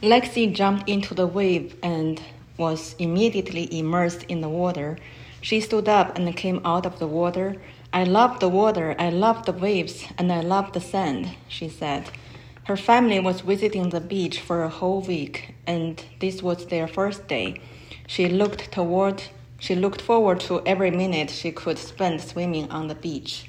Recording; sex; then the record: reading aloud after running; female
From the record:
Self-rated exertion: light exertion (2 of 6); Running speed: 7 miles an hour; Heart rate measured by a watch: 90 beats a minute at the start, 76 at the end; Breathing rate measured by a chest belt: 19 breaths a minute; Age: 51 years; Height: 165 cm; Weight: 51 kg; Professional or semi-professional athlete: no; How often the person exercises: 3 to 5 times a week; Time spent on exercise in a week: 3 to 4 hours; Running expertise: no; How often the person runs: 3 to 5 times a week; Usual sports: running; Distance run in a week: 25 miles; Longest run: 50 km